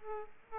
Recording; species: mosquito wingbeat signal from an infrared sensor; Aedes aegypti